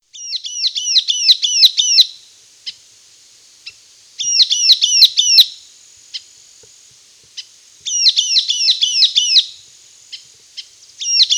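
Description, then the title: Sultan tit giving rapid strings of shrill, downslurred chattering notes in bursts of one to two seconds, separated by pauses with occasional lone chips; a thin high hiss runs throughout. "Sultan Tit (Melanochlora sultanea)"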